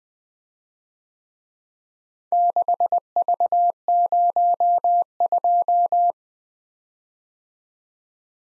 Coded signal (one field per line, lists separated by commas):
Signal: Morse code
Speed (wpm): 19 wpm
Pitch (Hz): 700 Hz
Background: none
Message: 6V02